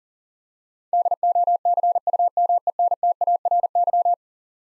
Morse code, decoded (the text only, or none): DOCUMENTARY